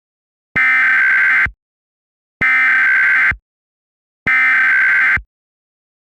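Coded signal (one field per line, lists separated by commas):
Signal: Emergency Alert System (SAME) tones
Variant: header bursts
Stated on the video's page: Fictional, deliberately ridiculous EAS scenario, not a real alert.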